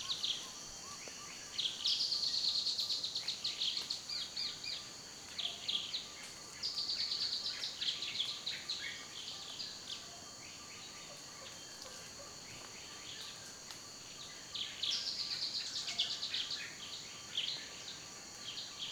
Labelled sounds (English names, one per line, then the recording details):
Olive-bellied Sunbird
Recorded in Kibale, Uganda